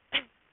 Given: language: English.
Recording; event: throat vibration sensor signal played as sound; cough